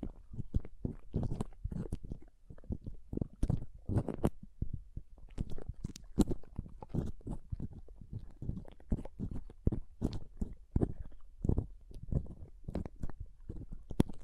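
Pom pom tingles: a steady stream of soft, crunchy rustles and taps, several per second, close together and irregular for the whole 14 seconds. Each touch carries a dull low thump under a brief crisp edge, much like chewing, with short near-silent gaps between clusters.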